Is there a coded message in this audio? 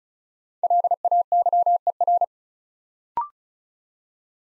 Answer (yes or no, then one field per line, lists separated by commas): yes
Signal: Morse code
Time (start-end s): 0.6-2.2 s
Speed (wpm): 36 wpm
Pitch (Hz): 700 Hz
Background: none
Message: LAYER